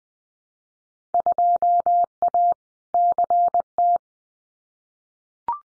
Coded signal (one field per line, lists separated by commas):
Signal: Morse code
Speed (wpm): 20 wpm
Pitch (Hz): 700 Hz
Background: none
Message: 2A CT